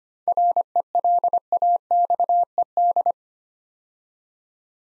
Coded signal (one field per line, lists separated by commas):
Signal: Morse code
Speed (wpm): 25 wpm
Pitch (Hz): 700 Hz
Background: none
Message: RELAXED